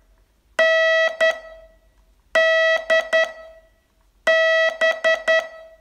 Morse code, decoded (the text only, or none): N D B